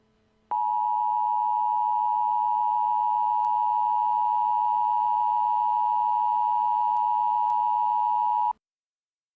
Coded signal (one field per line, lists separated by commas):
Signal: Emergency Alert System (SAME) tones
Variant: 853 and 960 Hz attention tone